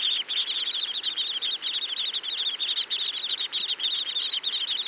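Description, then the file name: Lesser spotted woodpecker giving a steady stream of thin, high squeaky notes, rapid and overlapping, kept up with hardly a break for the whole stretch. "Picchio Rosso Minore"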